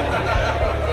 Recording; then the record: background sound without coughing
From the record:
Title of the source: CITY SOUNDS Busy Bar in the Evening Night - 2 HOURS of Ambiance for Relaxation